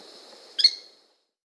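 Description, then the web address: White-eyed tody-tyrant giving one short, sharp high chip with a quick buzzy tail, then silence. Recorded in Peru; Amazon region. "Birds of the Amazon 3. White-eyed Tody-Tyrant (Hemitriccus zosterops), Peru"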